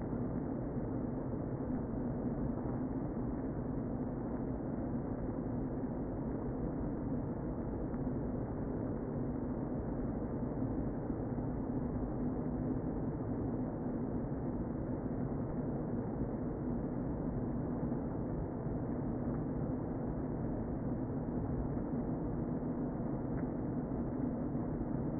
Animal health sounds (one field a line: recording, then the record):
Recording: honeybee colony, microphone inside the hive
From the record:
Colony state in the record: queen present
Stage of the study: before two queens were removed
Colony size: about 60,000 bees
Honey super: yes